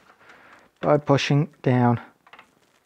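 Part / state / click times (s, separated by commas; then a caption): RAM module into motherboard DIMM slot / not seated / none. Someone talks while a RAM stick is handled over DIMM slot four on a desktop motherboard, the slot partly hidden by a cable, with faint handling noise and a brief soft tick near 2.3 s. The module has not seated or clicked into the slot yet.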